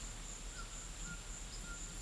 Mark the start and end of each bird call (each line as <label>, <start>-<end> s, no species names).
bird call, 0.50-1.83 s